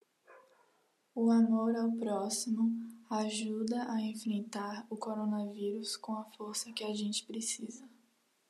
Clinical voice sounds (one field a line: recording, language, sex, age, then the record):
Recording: spoken sentence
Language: Brazilian Portuguese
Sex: female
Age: 18 to 19 years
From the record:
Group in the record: control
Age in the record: 19 years